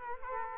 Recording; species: mosquito wingbeat signal from an infrared sensor; Culex quinquefasciatus